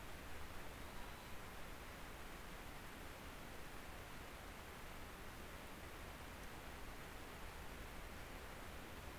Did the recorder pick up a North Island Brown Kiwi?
no